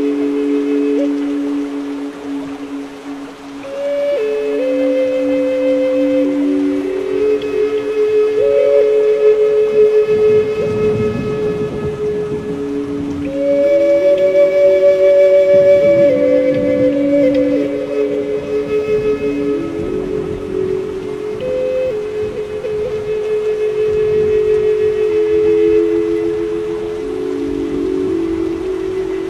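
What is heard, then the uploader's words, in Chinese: A flute plays slow, long held notes that step between pitches in a fairly low register, often overlapping as if in two voices. A soft, even hiss of rain runs underneath throughout. The volume stays steady, with a brief dip near four seconds. 雨&长笛&大自然。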